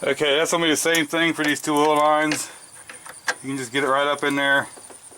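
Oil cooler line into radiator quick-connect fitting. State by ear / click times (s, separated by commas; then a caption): not seated / none. An oil cooler line with its O-ring is pushed up into its quick-connect fitting on the radiator during an S10 radiator change, while someone talks throughout and there is a faint brief tick around 2.9 s. Nothing has seated or clicked yet; the line is still being handled.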